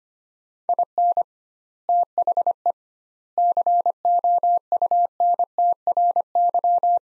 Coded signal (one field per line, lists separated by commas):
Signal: Morse code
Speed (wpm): 25 wpm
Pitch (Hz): 700 Hz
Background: none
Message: IN THE COUNTRY